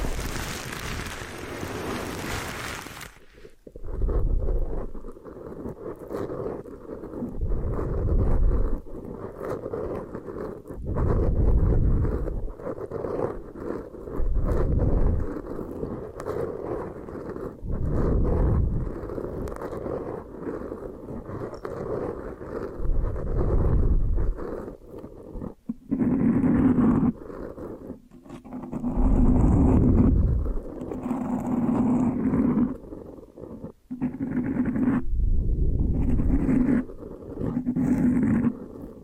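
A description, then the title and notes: Hair being washed and brushed, with repeated soft, low rubbing and scrubbing strokes that swell and fade every few seconds. A brief hiss opens the first three seconds. From about 26 seconds a faint steady tone joins the strokes, which become choppier. ASMR Hypnotic Hair Washing, Brushing and Massage with Layered Sounds (No Talking).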